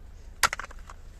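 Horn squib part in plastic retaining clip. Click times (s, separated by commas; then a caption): 0.4 s. On a Toyota Auris being repaired because the horn is not working, the old horn squib part is levered out of its plastic retaining clip. One sharp snap sounds at 0.4 s, followed by smaller rattles, and the part pops out of the holder, released.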